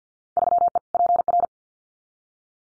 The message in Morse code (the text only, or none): 3E PR